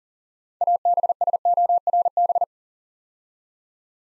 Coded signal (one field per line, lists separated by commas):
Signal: Morse code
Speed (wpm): 38 wpm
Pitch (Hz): 700 Hz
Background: none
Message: ABSORB